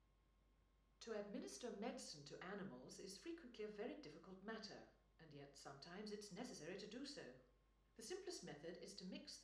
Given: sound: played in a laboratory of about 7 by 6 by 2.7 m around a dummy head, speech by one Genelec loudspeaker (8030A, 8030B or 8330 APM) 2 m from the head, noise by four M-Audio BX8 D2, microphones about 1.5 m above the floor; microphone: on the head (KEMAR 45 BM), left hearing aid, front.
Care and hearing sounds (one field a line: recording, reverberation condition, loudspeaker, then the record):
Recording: female speech in English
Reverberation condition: medium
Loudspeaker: 90 degrees to the left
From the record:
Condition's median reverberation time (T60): about 510 ms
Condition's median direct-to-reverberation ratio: about -0.5 dB